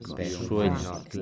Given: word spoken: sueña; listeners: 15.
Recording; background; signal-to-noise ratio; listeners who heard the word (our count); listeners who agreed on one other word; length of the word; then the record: one Spanish word in noise, from a listening test; four-talker babble; 0.6 dB; 0 of 15; 12 of 15; 0.82 s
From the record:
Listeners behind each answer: 12, 1, 1, 1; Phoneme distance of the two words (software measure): 17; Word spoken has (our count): 2 syllables, 5 phonemes, stress on syllable 1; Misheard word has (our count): 2 syllables, 6 phonemes, stress on syllable 1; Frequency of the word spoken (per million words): 7.00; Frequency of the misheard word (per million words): 45.95